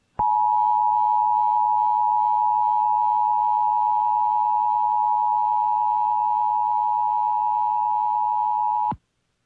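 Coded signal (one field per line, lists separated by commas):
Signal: Emergency Alert System (SAME) tones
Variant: 853 and 960 Hz attention tone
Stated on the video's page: Real Amber Alert relayed on 96.3 FM KSCS and KTXD TV 47, originating through 820 AM WBAP.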